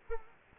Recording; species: mosquito wingbeat signal from an infrared sensor; Culex quinquefasciatus